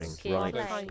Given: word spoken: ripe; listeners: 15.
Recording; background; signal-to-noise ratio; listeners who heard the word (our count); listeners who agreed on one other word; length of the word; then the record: one English word in noise, from a listening test; four-talker babble; 0.7 dB; 1 of 15; 7 of 15; 0.51 s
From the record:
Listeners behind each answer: 7, 1, 1, 1, 1, 1, 1, 1, 1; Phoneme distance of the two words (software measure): 10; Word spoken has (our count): 1 syllable, 3 phonemes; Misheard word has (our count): 1 syllable, 3 phonemes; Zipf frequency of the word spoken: 3.70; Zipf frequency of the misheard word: 6.36